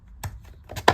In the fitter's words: And as you can see, you need to push it fairly hard and then it just kind of snaps into place.